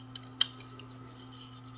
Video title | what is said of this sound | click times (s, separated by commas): Technics SLM1 Direct Drive turntable Service to Pitch Control | pitch control snaps into place | 0.4 s